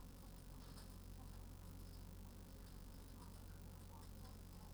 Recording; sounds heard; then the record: poultry house recording; healthy chickens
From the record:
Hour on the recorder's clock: 18